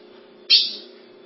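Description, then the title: Ultramarine grosbeak with one abrupt, bright call note dropping in pitch, a faint low hum in the background. "Azulao"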